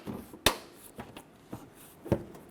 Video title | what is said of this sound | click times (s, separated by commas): How to Replace Bumper 2008-2012 Honda Accord | that should snap into place. | 0.5 s